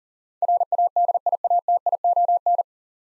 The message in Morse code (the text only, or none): RADIATION